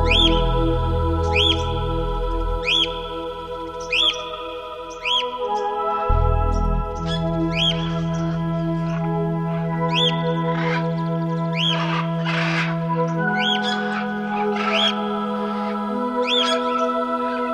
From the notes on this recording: sounds of the Amazon rainforest